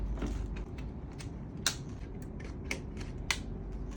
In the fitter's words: Now everything is just going to click into place, really no assembly necessary.